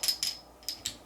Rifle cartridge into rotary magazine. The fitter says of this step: the bolt back and the cartridge clicks into place and